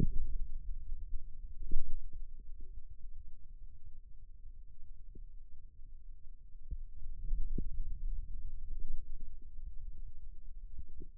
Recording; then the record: forearm muscle sounds (acoustic myography)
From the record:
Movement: radial deviation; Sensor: system 2, bracelet of six BSWA MPA416 microphones around the upper forearm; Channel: 1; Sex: male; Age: 22 years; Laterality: right